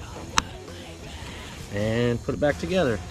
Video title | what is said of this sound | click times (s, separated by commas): How to headlight bulb replacement/How to Replace Windshield Wipers on Car #volvo #car #howto #s80 | push that tab you'll definitely hear this click and put | 0.4 s